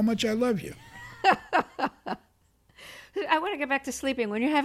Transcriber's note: laughter